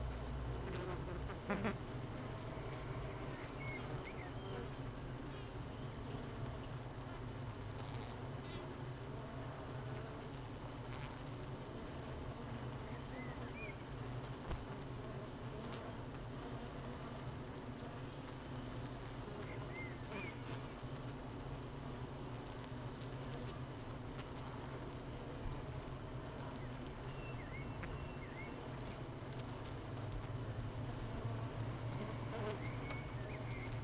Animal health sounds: honeybee colony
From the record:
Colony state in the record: missing queen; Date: 31 May 2018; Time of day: 8:10

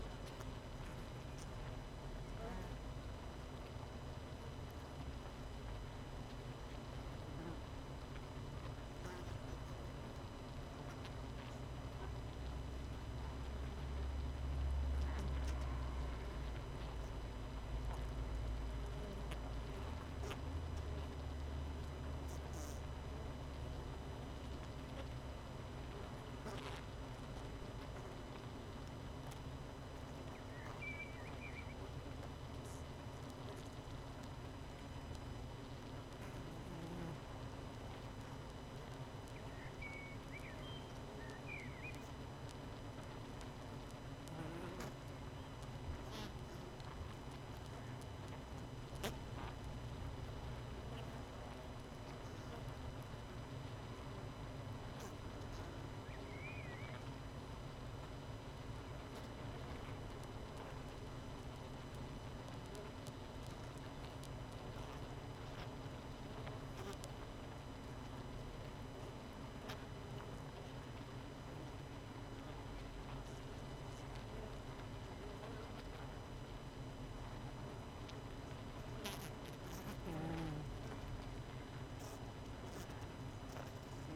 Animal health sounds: honeybee colony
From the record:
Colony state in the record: missing queen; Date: 31 May 2018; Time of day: 18:40

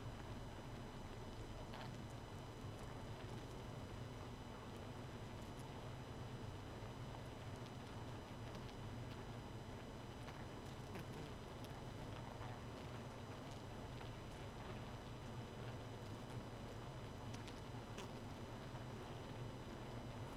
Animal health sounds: honeybee colony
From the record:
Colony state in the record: missing queen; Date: 31 May 2018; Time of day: 0:34

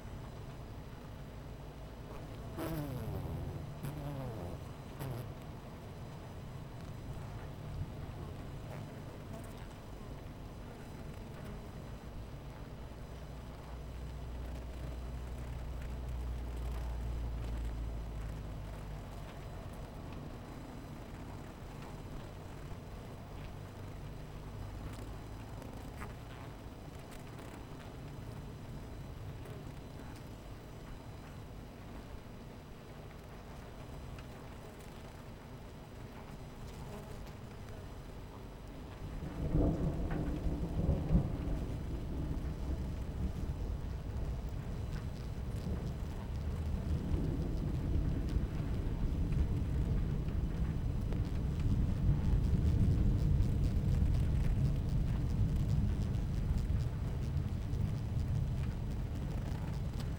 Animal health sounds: honeybee colony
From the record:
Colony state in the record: missing queen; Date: 14 July 2017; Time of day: 11:36

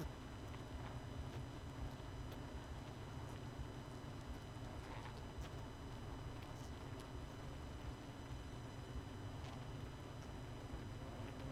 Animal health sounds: honeybee colony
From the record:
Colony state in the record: missing queen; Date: 31 May 2018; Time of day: 20:40

